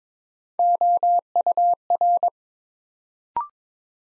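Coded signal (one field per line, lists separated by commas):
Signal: Morse code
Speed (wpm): 22 wpm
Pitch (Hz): 700 Hz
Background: none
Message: OUR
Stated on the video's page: 22 wpm Morse drill building three-letter words one letter at a time.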